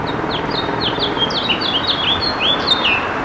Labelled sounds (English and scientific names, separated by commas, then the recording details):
House Finch (Haemorhous mexicanus) song
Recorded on Long Island, New York, on 27 June 2012
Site BE
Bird A